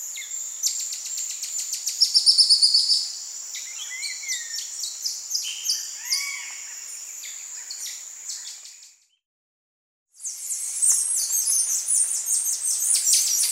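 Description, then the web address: Saddleback tamarin calls: high chirps and arched whistles over a constant shrill tone, a brief silence, then a burst of rapid high twittering. Primate calls in the South American rainforest. "Natures Songs S America Primates of the Rainforest Saddleback tamarin"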